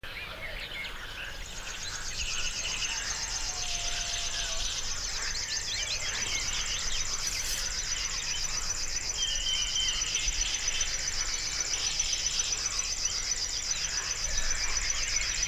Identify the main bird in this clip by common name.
River Warbler